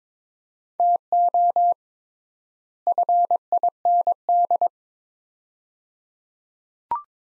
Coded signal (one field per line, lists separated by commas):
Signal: Morse code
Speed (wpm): 22 wpm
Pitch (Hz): 700 Hz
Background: none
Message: TO FIND